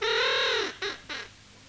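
A crow with a pale stripe around its neck caws three times, a long drawn-out harsh call followed by two shorter, clipped caws, loud and alone with nothing else around it.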